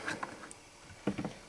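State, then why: Not seated. A plastic fitting on the body of an old Vax HF1400 upright vacuum cleaner and carpet washer is pushed by hand to seat it, producing only soft plastic knocks around 0.2, 0.5, 1.1 and 1.2 seconds. The part has not clicked into place.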